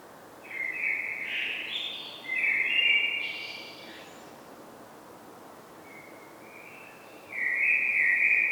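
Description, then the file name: Common blackbird giving fluty, drawn-out whistled notes in short phrases, a pause midway, then another sustained whistle near the end, over steady background hiss. "Turdus merula"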